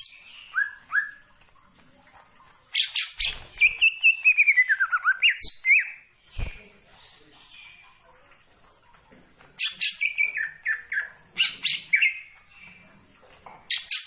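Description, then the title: Greater green leafbird delivering rich, varied song: fast chirps, a long descending warbled run, then further bursts of sharp notes after a short pause. Described as gacor, singing actively. "Cucak Ijo Gacor"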